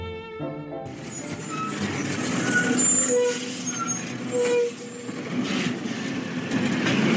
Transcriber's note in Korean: 현장음: 쓰레기 수거차